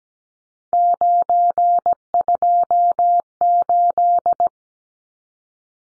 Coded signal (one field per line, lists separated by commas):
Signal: Morse code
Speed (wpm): 17 wpm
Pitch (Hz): 700 Hz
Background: none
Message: 928